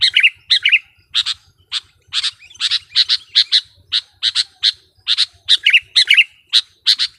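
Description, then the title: Sooty-headed bulbul song of short, bubbly chirped phrases repeated in quick succession. "kutilang"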